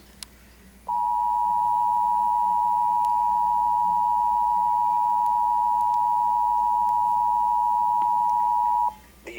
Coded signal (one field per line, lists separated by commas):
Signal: Emergency Alert System (SAME) tones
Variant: 853 and 960 Hz attention tone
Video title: EAS: WORLD WAR 3 REVAMPED